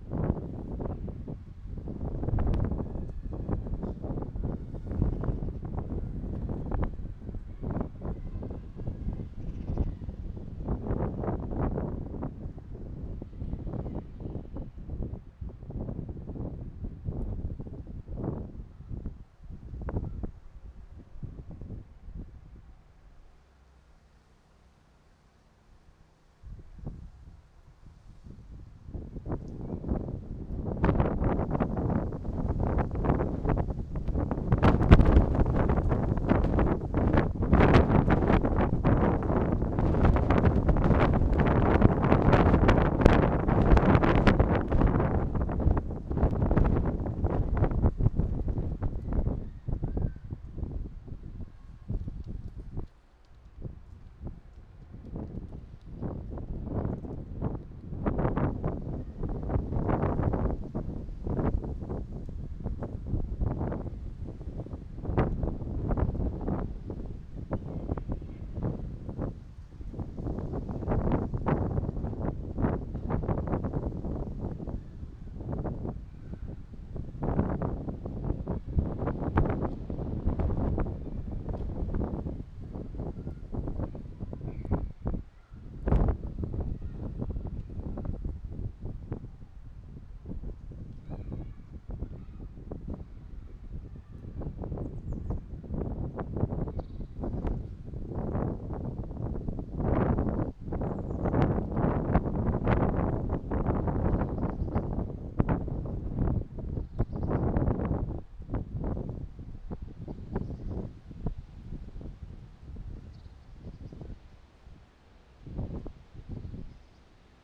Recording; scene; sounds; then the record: everyday scene through a hearing-aid microphone; wind on the microphone; squally wind, voices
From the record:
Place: parking lot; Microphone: in the ear canal, right